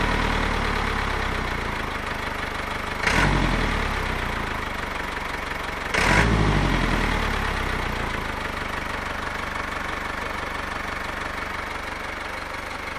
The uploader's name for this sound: Diesel Truck Idling